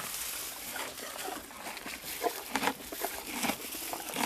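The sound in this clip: Horse eating grass: crisp tearing and chewing crunches at irregular intervals, over a constant soft hiss of outdoor background.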